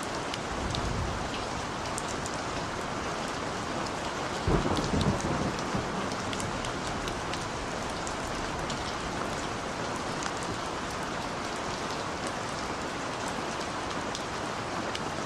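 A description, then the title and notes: Steady, dense rainfall hisses evenly throughout, with patter of drops and a brief low rumble swelling around four to five seconds. The soothing sound of rainfall. During storms, the high-frequency sprinkle of rainfall combines with the low rumbling of thunder to create an organic white noise.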